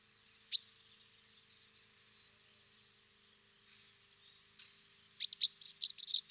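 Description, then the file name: Common chaffinch calls: a single sharp high note, a long pause, then a rapid run of several bright chipping notes at the end. "Fringilla coelebs"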